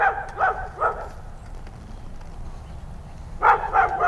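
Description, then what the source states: Dog barking in two short bursts of about three rapid barks each, separated by a quiet stretch of low background rumble. Dog in the distance.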